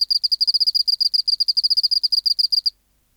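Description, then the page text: Oceanic field cricket giving quick high chirping pulses for under three seconds, then silence. Specimen NHMUK BMNH(E) 010211120 recorded by W. J. Reynolds in the BMNH Acoustic Laboratory, 19 March 1984, 11:15, at 24 °C, 30% humidity, still air, dim light. "412:14 Teleogryllus oceanicus (514r2). BioAcoustica. Natural History Museum Sound Archive. Recording Location: BMNH Acoustic Laboratory Recorded by: W. J. Reynolds Date Recorded: Mandag, marts 19, 1984 Local time: 1115"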